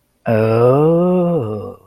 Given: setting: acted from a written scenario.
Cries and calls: vocal sound without words; ecstasy

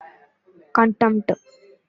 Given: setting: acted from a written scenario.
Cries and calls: vocal sound without words; contempt

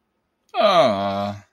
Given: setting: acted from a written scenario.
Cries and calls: vocal sound without words; guilt

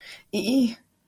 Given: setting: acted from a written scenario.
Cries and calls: vocal sound without words; distress

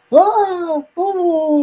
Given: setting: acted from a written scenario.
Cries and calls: vocal sound without words; positive surprise

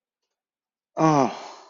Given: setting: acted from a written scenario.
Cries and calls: vocal sound without words; desire

